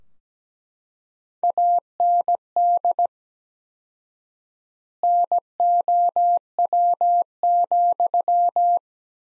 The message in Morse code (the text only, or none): AND NOW,